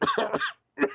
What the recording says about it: There's something in my throat. My voice is trying to leave me. That's a really bad cough you got there. That is a very hard cough.